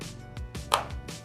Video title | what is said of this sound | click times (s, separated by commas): Unboxing the Honeywell EDA50 | then press down and clicking the place then | 0.7 s